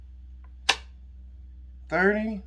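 A Bosch circular saw base is tilted on its bevel into the 30 degree angle detent, and a single sharp click at 0.7 s marks it seating in place. A faint tick comes just before, and then someone talks.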